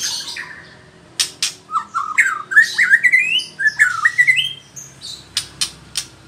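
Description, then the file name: White-rumped shama singing a series of rising whistled slurs broken by sharp clicking notes, then sparse scratchy calls. Female. "murai batu betina"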